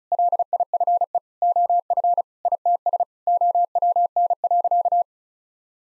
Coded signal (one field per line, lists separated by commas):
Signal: Morse code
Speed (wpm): 34 wpm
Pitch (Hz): 700 Hz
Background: none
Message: LIFE OF ITS OWN.